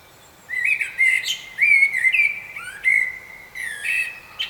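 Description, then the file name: Common blackbird singing a run of fluty, warbled phrases near one pitch, broken by squeaky high twitters, continuing for about four seconds in an otherwise quiet setting. "Turdus merula"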